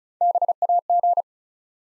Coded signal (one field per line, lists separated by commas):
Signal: Morse code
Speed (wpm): 36 wpm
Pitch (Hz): 700 Hz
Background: none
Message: BAG